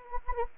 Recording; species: mosquito wingbeat signal from an infrared sensor; Anopheles gambiae